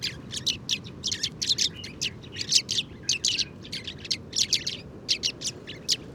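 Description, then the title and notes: Sudan golden sparrows in a lively group, twittering and chirping in quick, uneven bursts without pause. 7 March 2019, morning, Oued Enoicre, Tagant, Mauritania; oasis, where very common; always in family flocks, gathering in evening roosts; at roost site spotted the day before; Tlp7 and MixPre 3. "Moineau doré ou Moineau jaune - Mauritanie. 7 mars 2019-Oued Enoicre - Tagant - Mauritanie"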